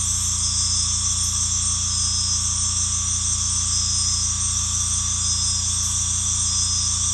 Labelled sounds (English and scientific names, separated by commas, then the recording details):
none
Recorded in secondary vegetation near Puerto Asís, Putumayo, Colombia, on 18 December 2024 at 19:00
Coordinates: 0.485, -76.322
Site GP08